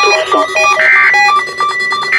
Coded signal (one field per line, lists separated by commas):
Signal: Emergency Alert System (SAME) tones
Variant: end-of-message bursts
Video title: Last Weekly Test of 2021! 12/29/2021 (EAS #925)